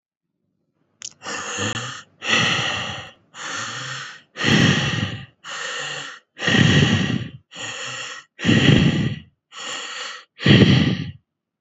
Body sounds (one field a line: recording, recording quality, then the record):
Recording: deep breathing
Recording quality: excellent, no background noise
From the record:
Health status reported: COVID-19 positive, moderate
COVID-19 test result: positive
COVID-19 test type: RT-PCR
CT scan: not taken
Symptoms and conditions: cough, cold, sore throat, fatigue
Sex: male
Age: 26 years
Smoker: no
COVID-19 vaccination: both doses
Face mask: not worn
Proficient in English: yes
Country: India